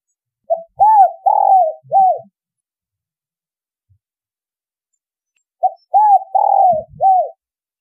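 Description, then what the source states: Spotted dove: two cooing phrases about five seconds apart, each four arched notes, the third longer and rolling, with faint low knocks. Spotted dove song in the giọng thổ đồng style.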